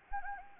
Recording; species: mosquito wingbeat signal from an infrared sensor; Anopheles gambiae